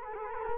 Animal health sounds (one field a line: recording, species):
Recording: mosquito wingbeat signal from an infrared sensor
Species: Culex quinquefasciatus